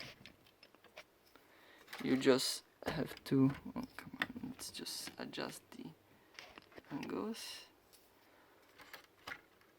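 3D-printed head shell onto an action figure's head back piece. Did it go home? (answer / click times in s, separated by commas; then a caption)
no / none. A 3D-printed ABS blaster head shell is lined up by adjusting its angles on an action figure's original back-of-head piece, before being pushed on. Someone talks while light taps and rubbing of the plastic parts are heard. Nothing has clicked or seated yet.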